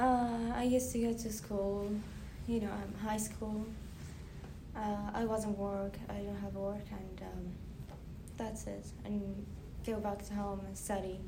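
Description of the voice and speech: One adult woman speaks clear, steady English in a quiet indoor room, with a non-native accent and brief hesitations such as drawn-out 'uh' sounds. Her voice is smooth and evenly pitched, with no blocks, slurring, hoarseness or strain. This is ordinary fluent speech.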